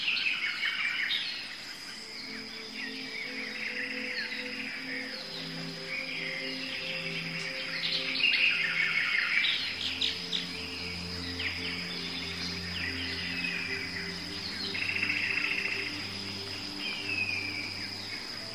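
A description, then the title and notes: Tropical rainforest ambience with many birds calling at once, chirps and squawks scattered densely through the mid and upper range. A steady high insect whine runs throughout, while low, hooting notes repeat in slow, even phrases, especially from about ten seconds onward. 3 Hour Tropical Rainforest. Tropical rainforest sounds.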